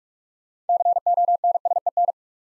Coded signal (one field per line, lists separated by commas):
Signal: Morse code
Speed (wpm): 44 wpm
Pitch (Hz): 700 Hz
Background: none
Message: CONSEN